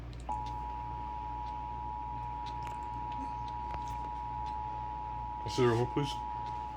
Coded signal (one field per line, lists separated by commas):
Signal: Emergency Alert System (SAME) tones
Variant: 853 and 960 Hz attention tone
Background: speech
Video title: EAS- Portion of SLC Severe Thunderstorm Warning (SVR) on Utah PBS (7/3/23)